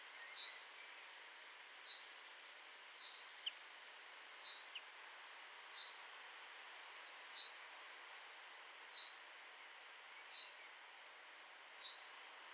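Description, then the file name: Common chaffinch call: a short high note repeated roughly every one and a half seconds against a steady background hiss. "Fringilla coelebs"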